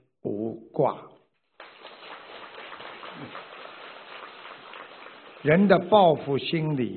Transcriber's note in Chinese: 掌声